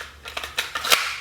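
A pistol with a weapon light mounted is pushed into a light-bearing holster, making a few light scraping knocks before a sharp hit at 0.9 s as it seats home with retention. Someone talks.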